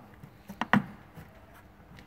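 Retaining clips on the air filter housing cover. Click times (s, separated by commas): 0.6 s, 0.7 s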